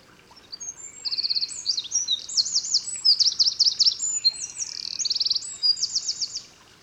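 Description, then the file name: Eurasian wren singing a long, fast, energetic series of shrill trills and rattling phrases, sustained for over five seconds with no other clear sounds. "Troglodytes troglodytes"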